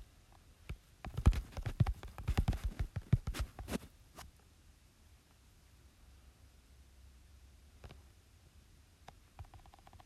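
Screen tapping and typing sounds come in a quick, dense flurry of sharp taps from about one to four seconds. After that it falls mostly quiet, with only a few isolated taps near eight, nine and ten seconds over a faint low hum.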